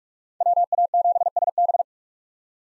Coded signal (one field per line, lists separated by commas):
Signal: Morse code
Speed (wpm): 43 wpm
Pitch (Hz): 700 Hz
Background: none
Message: WA7SB